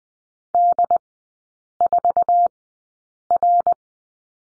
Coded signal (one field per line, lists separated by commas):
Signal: Morse code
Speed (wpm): 20 wpm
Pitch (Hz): 700 Hz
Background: none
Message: D4R